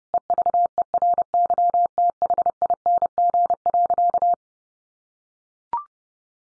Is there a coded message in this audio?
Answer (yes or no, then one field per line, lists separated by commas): yes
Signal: Morse code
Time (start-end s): 0.1-4.3 s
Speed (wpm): 30 wpm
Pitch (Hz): 700 Hz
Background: none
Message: EVERYTHING.